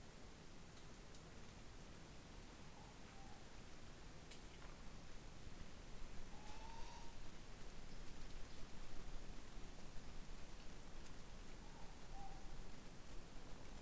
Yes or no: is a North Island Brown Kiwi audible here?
no